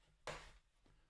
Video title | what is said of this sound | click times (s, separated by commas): Lenovo ThinkPad Z16 (2022) - Live Unboxing | see it's snapping back in when even when i'm doing that just got to make sure it's snapped back in all the way | 0.3 s